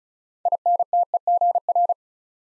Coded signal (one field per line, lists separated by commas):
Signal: Morse code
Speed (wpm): 36 wpm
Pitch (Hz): 700 Hz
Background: none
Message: INTEGR